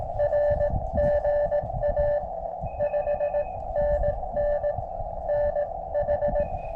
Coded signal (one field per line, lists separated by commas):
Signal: Morse code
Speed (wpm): 17 wpm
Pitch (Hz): 600 Hz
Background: radio noise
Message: R GA 5NN NH